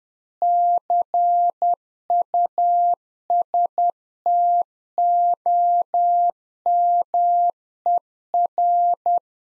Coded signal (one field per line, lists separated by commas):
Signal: Morse code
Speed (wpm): 10 wpm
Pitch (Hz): 700 Hz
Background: none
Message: CUSTOMER